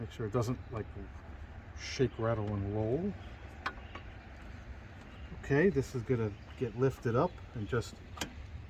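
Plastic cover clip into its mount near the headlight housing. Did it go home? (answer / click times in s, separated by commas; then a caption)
yes / 8.2 s. During an LED headlight bulb install on a 2019 Toyota Highlander, a plastic cover clip in the engine bay near the headlight housing is lifted up and pressed back down into its mount while someone talks. A single sharp tick at 8.2 s marks the clip snapping back in and seating.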